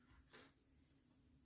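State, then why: Not seated. A spring bar on a 20 mm rubber Oyster-style band is worked into the lug holes of a vintage Rolex watch case, giving soft handling and scraping with a brief faint tick near 0.3 seconds over a low steady hum. Nothing has seated or clicked into place yet.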